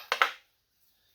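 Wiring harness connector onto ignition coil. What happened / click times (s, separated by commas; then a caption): The connector snaps into place with two clicks / 0.1 s, 0.2 s. A plastic wiring harness connector is pushed back onto the ignition coil of a Honda/Acura V6 during a spark plug replacement. Two sharp clicks ring out at 0.1 s and 0.2 s, then silence. The connector is seated.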